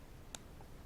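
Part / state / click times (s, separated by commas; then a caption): work light head in its swivel detent joint / seated / 0.4 s. A work light head is stepped in its swivel detent joint to the first of its detent positions. A single short, sharp click sounds at 0.3 s over a quiet background. The head clicks into the next detent position and is seated.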